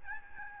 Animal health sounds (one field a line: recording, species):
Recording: mosquito wingbeat signal from an infrared sensor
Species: Aedes albopictus